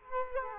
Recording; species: mosquito wingbeat signal from an infrared sensor; Culex quinquefasciatus